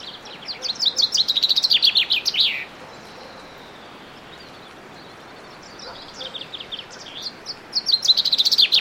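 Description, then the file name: Common chaffinch with a loud descending trill ending in a flourish, a quiet gap, then fainter notes and a second phrase starting at the end. "Fringilla coelebs"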